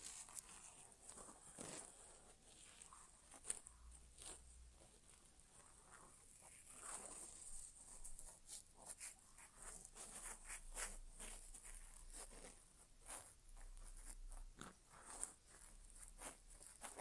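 An ASMR inner ear exam without talking: crisp, scratchy rustles and quick clicks come in uneven bursts over a soft, airy hiss.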